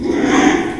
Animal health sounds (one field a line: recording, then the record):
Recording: squeal of a Yucatan mini pig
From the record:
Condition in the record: after surgery on the right vocal fold (resection and tissue-engineered implant)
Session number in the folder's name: 3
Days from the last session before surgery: 33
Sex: male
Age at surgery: 12 weeks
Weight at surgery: 13 kg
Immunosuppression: cyclosporine, prednisolone